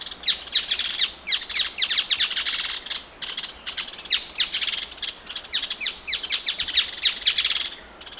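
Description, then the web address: Striated softtail delivering fast chattering series of sharp, high, descending notes, repeated in bursts with brief gaps throughout. Male. "sound Striated-softtail. صدای-پرنده-نر-دم-راه-راه"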